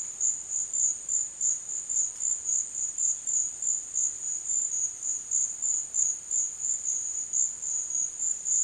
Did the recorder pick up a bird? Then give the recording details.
no. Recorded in dense forest near Puerto Asís, Putumayo, Colombia, on 22 June 2025 at 13:30. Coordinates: 0.484, -76.325. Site H65